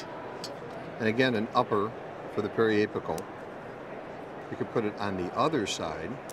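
The aiming ring on a dental x-ray sensor holder arm is handled and moved toward the other side while someone talks over a steady low background hum. One short tick-like hit is heard, but the ring has not clicked into position yet; nothing has seated.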